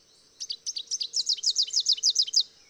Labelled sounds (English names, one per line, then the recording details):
Rufous-capped Warbler song
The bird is a male
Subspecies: salvini
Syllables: 19
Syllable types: 4
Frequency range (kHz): 2.8-7.0 kHz
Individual VN-GRS-M